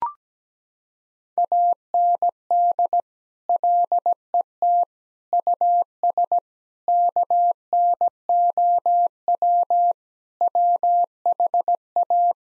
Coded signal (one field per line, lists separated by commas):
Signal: Morse code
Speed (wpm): 17 wpm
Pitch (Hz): 700 Hz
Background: none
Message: AND LET US KNOW WHA